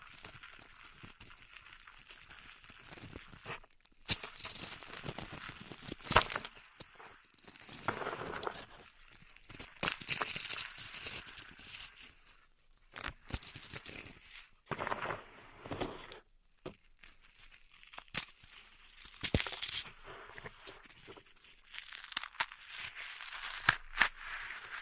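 Pink salt in a zen garden gives off bright, gritty crunching and crinkling in irregular bursts, with short silent pauses between strokes.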